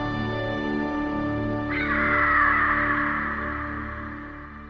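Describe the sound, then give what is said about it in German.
A single harsh, raspy cry of a falcon flying high in a sunny steel-blue sky over the Rhine bursts in partway through and trails off over about two seconds, rising above a steady bed of sustained musical tones. “Irgendwo, hoch am stahlblauen Himmel über dem Rhein, flog ein Falke.”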